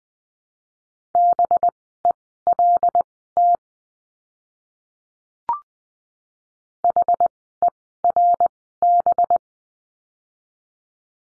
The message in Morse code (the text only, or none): BELT HERB